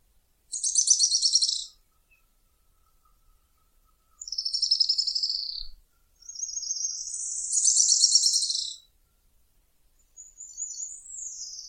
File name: canto do grimpeiro